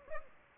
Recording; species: mosquito wingbeat signal from an infrared sensor; Aedes albopictus